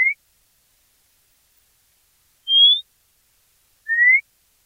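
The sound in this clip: White monjita giving upslurred whistles: a brief lower note at the very start, then a higher note followed about a second and a half later by a lower one, otherwise silent.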